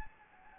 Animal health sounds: mosquito wingbeat signal from an infrared sensor; Anopheles gambiae

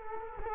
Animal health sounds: mosquito wingbeat signal from an infrared sensor; Culex quinquefasciatus

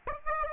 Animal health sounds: mosquito wingbeat signal from an infrared sensor; Aedes aegypti

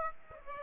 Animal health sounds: mosquito wingbeat signal from an infrared sensor; Aedes aegypti

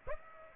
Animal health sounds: mosquito wingbeat signal from an infrared sensor; Aedes aegypti

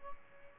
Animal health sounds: mosquito wingbeat signal from an infrared sensor; Aedes albopictus

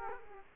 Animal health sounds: mosquito wingbeat signal from an infrared sensor; Culex quinquefasciatus

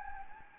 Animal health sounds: mosquito wingbeat signal from an infrared sensor; Anopheles gambiae

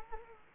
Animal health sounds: mosquito wingbeat signal from an infrared sensor; Culex quinquefasciatus

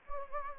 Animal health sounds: mosquito wingbeat signal from an infrared sensor; Anopheles gambiae

